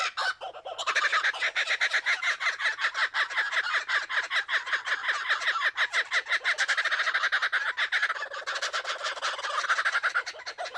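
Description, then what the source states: Kookaburra laughter, loud raucous cackling repeated in fast rolling bursts that overlap into a steady chorus, briefly easing near the end before resuming. Several kookaburras laughing.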